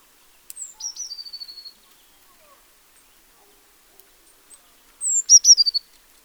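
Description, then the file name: Eurasian blue tit singing two phrases about four seconds apart, each made of high sliding notes that run into a quick dry trill, with silence between them. "Cyanistes caeruleus"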